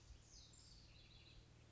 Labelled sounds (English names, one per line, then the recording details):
House Wren
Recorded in Sonoma County, California